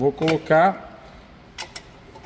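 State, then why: Partly seated. Someone talks, then a metal shaft part is fitted into its locating hole on an MQpack FBR420 packaging machine, giving a single sharp knock at 1.8 s. The part has dropped into the hole but is not yet locked; it is then locked with a left-hand thread.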